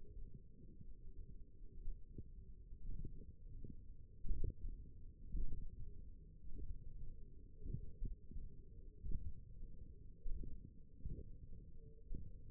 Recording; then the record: forearm muscle sounds (acoustic myography)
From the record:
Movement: tripod grip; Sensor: system 1, eight BSWA MPA416 microphones around the upper forearm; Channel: 3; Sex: female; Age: 21 years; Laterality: right